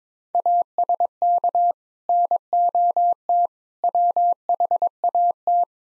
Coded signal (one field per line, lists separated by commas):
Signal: Morse code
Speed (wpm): 22 wpm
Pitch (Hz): 700 Hz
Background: none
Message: ASK NOT WHAT